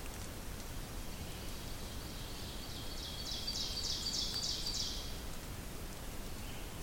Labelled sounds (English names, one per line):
Ovenbird song